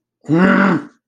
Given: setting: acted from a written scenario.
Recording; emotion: vocal sound without words; anger